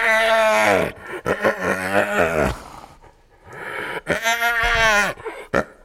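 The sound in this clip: Hyena vocalizing with wavering harmonic cries broken by pauses, including a stuttering run of pulses, then a last short call.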